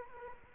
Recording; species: mosquito wingbeat signal from an infrared sensor; Culex quinquefasciatus